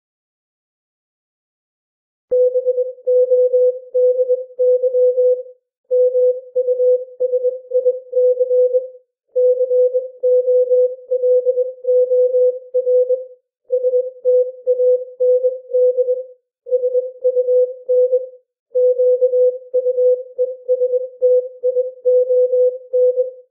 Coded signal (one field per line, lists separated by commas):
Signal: Morse code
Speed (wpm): 21 wpm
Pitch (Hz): 500 Hz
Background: none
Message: BODY MUSIC COLOR STAND SUN QUESTION